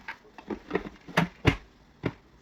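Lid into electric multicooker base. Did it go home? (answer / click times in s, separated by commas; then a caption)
no / none. The lid of an electric multicooker or pressure cooker is turned on its base to lock it in position. Several short plastic and metal clacks are heard, near 0.1, 0.5, 0.8, 1.2, 1.5 and 2.1 seconds. The lid has not locked yet.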